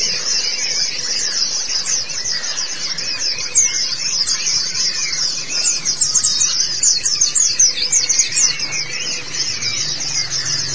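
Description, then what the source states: White-eye song, a dense, unbroken chatter of very high chirps with softer lower twitters beneath. Pleci (white-eye) chirping song.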